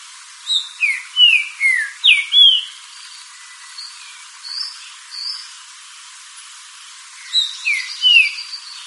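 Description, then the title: Green-winged saltator song: a loud run of six falling whistles, then softer scattered notes, then another phrase begins. "Trinca Ferro Cantando"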